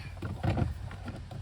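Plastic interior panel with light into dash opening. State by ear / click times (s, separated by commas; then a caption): not seated / none. Faint handling noises come from a plastic interior trim panel with a light as its two side tabs are lined up with the dash opening on a 2019 F150 during cabin air filter replacement. Soft low thuds and light taps are heard around 0.2 to 0.7 seconds. The panel has not been pushed home, and nothing has seated or clicked yet.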